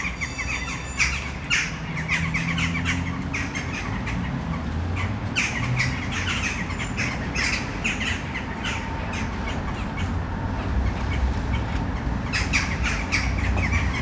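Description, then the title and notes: Western jackdaws calling in loose clusters of short harsh notes, gaps between bursts, over a steady low rumble. Many jackdaws in one tree, city centre of Brno, Czech Republic, at sunset. "Malinovského nám. 571/1, 602 00 Brno-střed-Brno-město, Česko - Western jackdaws at sunset. A tree full of jackdaws in the city center of Brno"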